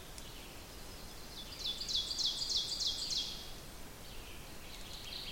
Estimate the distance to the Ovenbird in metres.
about 70 m